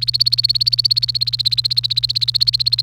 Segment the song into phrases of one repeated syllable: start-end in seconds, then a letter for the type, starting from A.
0.00-2.82 A